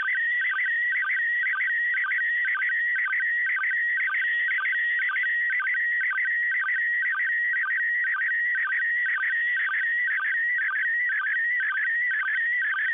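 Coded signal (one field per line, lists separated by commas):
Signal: SSTV (slow-scan television)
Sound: continuous warbling whistle-like tone with rapid regular low sync blips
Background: radio static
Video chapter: 04:41 두 번째 이미지 수신 / 06:47 두 번째 이미지 수신 완료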